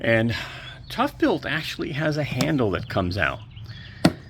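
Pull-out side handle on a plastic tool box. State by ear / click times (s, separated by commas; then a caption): seated / 4.0 s. Someone talks while the extendable side handle of a plastic ToughBuilt StackTech tool box is pulled out, and at 4.1 s it snaps into its locked position with a single sharp click. The pull-out handle is confirmed locked in place.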